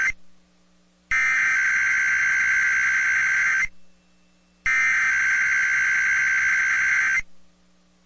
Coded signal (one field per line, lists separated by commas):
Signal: Emergency Alert System (SAME) tones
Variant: header bursts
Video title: (EAS #29) | IPAWS Required Weekly Test for Central USA on KTXK-FM | 01/16/2023